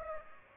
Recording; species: mosquito wingbeat signal from an infrared sensor; Aedes aegypti